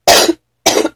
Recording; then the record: coughing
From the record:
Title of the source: 61 morning phlegmy cough...again